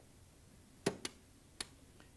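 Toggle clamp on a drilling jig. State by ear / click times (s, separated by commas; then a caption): seated / 0.9 s, 1.0 s, 1.6 s. A toggle clamp on a drilling jig is pulled down to clamp the workpiece, ratcheting with three sharp clicks at 0.9, 1.1 and 1.6 seconds. After the clicks the clamp locks and holds the workpiece firm.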